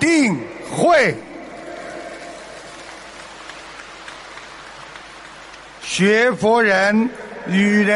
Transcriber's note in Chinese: 掌声